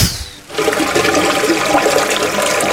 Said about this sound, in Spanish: ¿Qué has hecho, estúpida niña? ¡Me has tirado a mí el agua!